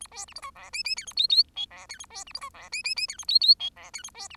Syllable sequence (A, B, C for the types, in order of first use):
A B C D E F G G H A I I J F H A B C D E F G G G H A I I J F H A B C